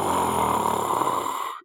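An adult imitating a snore: a sustained, rough snoring sound, the sound of someone struggling to breathe, as in sleep apnea.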